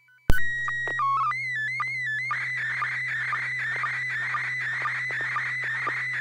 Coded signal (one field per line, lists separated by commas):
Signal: SSTV (slow-scan television)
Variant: PD 120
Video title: N6NA SSTV Net - 02/14/2024